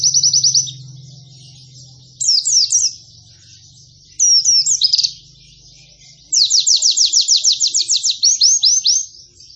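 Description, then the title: White-eye: pleci song with a short high trill, two clusters of sharp chirps, then a long fast rattling trill of repeated high notes. Described as a lively pleci delivering long bursting song with canary-like phrases. "Pleci Gacor. Pleci Nembak Panjang Istimewa Full Kenarian SobekSobek"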